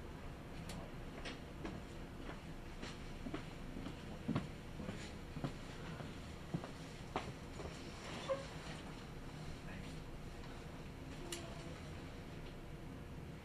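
A Kintetsu Osaka Line semi-express train runs with a steady low rumble, punctuated by sharp wheel clicks every second or so.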